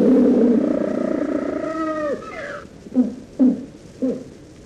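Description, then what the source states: African penguin giving a long harsh bray that bends downward near the end, followed by three short gasping honks. Loud braying voice gives it the name jackass penguin; islands off South Africa are critical nesting sites.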